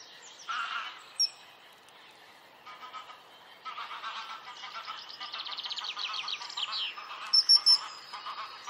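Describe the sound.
Several birds chattering and trilling together in a busy chorus, a buzzy rapid trill building in the middle and a few shrill high notes near the end.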